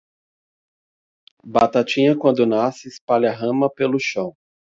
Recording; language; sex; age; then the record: short text; Brazilian Portuguese; male; 30 to 39 years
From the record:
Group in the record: control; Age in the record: 39 years